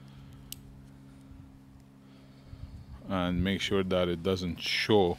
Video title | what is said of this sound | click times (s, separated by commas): #Factor55 UltraHook Install on Warn Winch Toyota 4Runner 5th Gen ! | make sure it clicks | 0.5 s